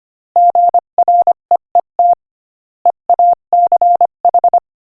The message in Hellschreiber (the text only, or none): none